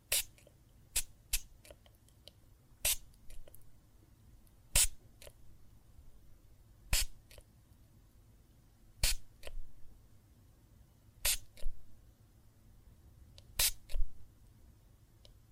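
Water and soap foam make sharp, crackling squishes and pops every second or two, over a faint low rumble that never stops.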